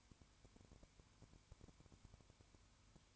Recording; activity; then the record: daily activity, microphone in the room; no activity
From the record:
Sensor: 2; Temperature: 20.0 degrees Celsius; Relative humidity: 32.1%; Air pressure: 1001.1 hPa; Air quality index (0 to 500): 54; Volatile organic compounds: 1 ppm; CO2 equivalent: 601 ppm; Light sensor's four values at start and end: 2/3/2/2 and 2/3/2/2